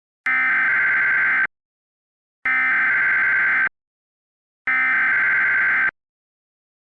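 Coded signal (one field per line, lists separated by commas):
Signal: Emergency Alert System (SAME) tones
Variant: header bursts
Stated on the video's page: Recreation of a tornado warning using real SAME tones.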